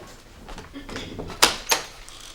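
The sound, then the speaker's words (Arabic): A door is opened, with a soft shuffling lead-in followed by two sharp, bright clacks of the latch and handle in quick succession, then quiet. “افتحي الباب يا حبيبي.”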